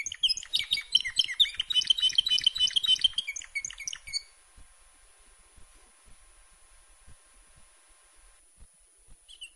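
Canary song, a dense rapid warbling trill for about four seconds, then near silence with faint ticks and one short high note at the end.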